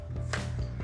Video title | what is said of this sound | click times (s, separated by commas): PANXER : Le mini-char des robots Eilik 😱🔥 | Voilà, c'est emboîté. Ça s'emboîte parfaitement. | 0.3 s